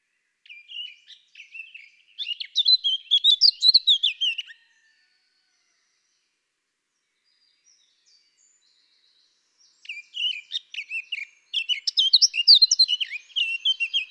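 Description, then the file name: Eurasian blackcap giving two bursts of rapid, varied warbling, each a jumbled run of bright notes, separated by about five seconds of silence. "Sylvia atricapilla"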